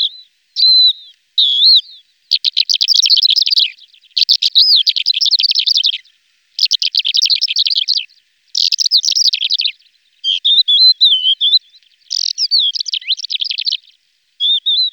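Lesser short-toed lark song with long buzzy, rattling phrases interspersed with high whistled slurs, repeated in bursts with short silences.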